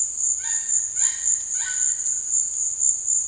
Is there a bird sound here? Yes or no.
yes